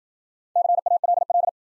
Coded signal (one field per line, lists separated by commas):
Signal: Morse code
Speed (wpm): 53 wpm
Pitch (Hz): 700 Hz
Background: none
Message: CALL